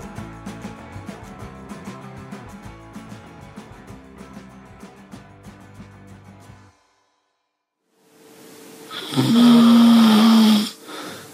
Snoring.